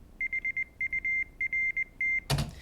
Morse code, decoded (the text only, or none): HURT